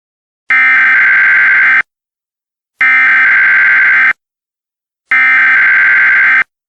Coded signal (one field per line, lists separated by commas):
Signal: Emergency Alert System (SAME) tones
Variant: header bursts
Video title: EAS Scenario: Absolutely Radioactive Part 2